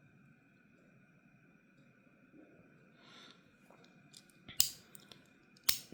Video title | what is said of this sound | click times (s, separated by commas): 2020 Ford Mustang Shelby GT-500 - Bburago - Unboxing. | okay it is a bit tight but it snaps back into place | 5.7 s